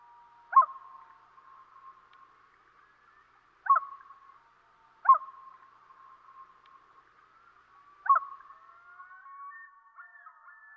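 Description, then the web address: Common Loon, four sharp short calls at irregular intervals, each trailing into a soft tone. "Dan Gibson Wildlife Identification By Sound, Eastern North America Pt 1. Common Loon"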